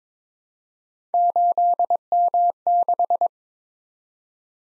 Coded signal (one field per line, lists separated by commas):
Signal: Morse code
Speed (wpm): 22 wpm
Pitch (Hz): 700 Hz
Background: none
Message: 8M6